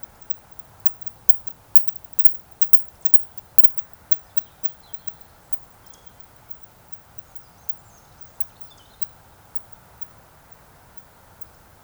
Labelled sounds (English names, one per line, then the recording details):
Eurasian Woodcock whistle
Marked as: whistle, whistle, whistle, whistle, whistle
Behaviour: display flight
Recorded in Baden-Württemberg, Germany, on 26 June 2021 at 20:04 UTC
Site 45499, 200 m above sea level